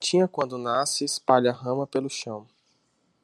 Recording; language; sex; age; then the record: short text; Brazilian Portuguese; male; 30 to 39 years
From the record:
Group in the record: control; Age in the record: 33 years